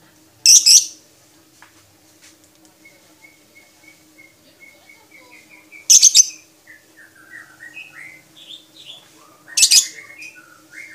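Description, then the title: Lovebird letting out three loud, harsh high bursts several seconds apart, with soft thin whistled notes between them and a faint steady hum. Champion lovebird with a clear voice; a 'masteran' recording of birdsong used to train other songbirds. "Kicau Suara Burung Lovebird Juara Suara Bening"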